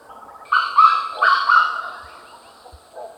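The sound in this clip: Grey Junglefowl crowing call: two loud, harsh, broken phrases in quick succession, rich in overtones, followed by quiet background and a faint later note.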